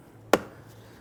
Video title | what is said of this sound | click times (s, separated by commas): How to Replace Side Mirror Assemblies 2008-2013 INFINITI G37 | this up and set it in and gently press it down snapping that in all the way down | 0.3 s